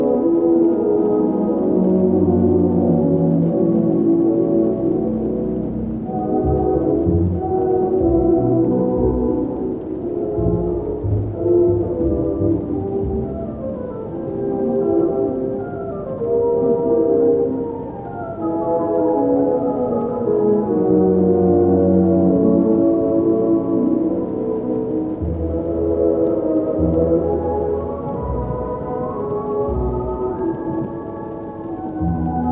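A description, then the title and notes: Old-time music plays from another room, muffled so that only the low and middle tones come through and the top end is cut away. Horns and voices blur into sliding, held notes over a thumping bass line, staying steady in loudness for the whole stretch. Halloween oldies playing in another room.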